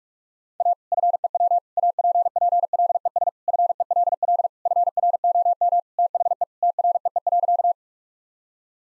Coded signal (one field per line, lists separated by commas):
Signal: Morse code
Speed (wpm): 46 wpm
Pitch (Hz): 700 Hz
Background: none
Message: A FEW APPLES FELL FROM THE TREE.